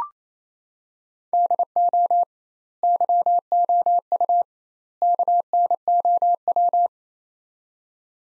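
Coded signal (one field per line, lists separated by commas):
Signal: Morse code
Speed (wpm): 27 wpm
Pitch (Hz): 700 Hz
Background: none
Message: DO YOU KNOW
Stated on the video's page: Morse practice of three-word sets at 28 wpm with 2x word spacing, a Farnsworth-like method applied to words, each set sent twice.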